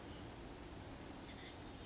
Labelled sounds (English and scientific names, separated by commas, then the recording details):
Oak Titmouse (Baeolophus inornatus)
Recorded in Sonoma County, California